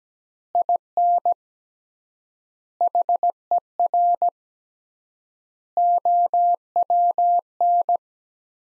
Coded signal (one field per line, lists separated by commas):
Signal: Morse code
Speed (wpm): 17 wpm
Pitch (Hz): 700 Hz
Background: none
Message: IN HER OWN